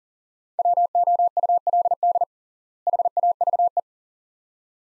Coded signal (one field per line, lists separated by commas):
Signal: Morse code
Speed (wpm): 40 wpm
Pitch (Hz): 700 Hz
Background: none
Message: WOULD HAVE